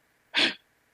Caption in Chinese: 博美有点麻烦。 来自于主动脉移位，然后去压迫到气管， 造成气管狭窄，然后气管狭窄呢就会常常。 就常常有这种声音出来。 你不能让他兴奋，不能让他兴奋。第二个，天气变化大的时候， 你要注意维持他比的恒温，不能让他去碰到忽冷忽热， 因为忽冷忽热之后，气管容易收缩。说这种咳嗽，这种 咳嗽现象就出来。